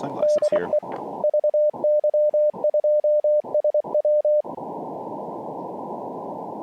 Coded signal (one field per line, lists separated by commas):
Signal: Morse code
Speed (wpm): 23 wpm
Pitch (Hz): 600 Hz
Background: speech, radio noise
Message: DE VY2SW